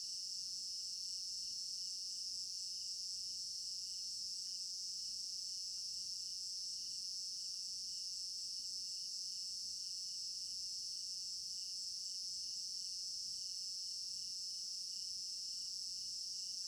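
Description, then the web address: Long stretch of cricket chirping: a constant high trill plus rhythmic pulsed chirps, with occasional faint ticks behind. African village garden at night; stereo binaural recording. "African-Village Garden Night Crickets 03 Stereo-Binaural. immersive sound library"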